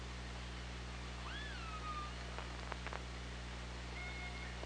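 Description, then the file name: Killer whale call, a tonal sweep rising then falling with a harmonic above, followed by a few sharp clicks and a short flat whistle, over steady low hum. OrcaLab hydrophone, 24 August 2017 at 18:13. "Orca Lab UTLN JASON 20170824 181346"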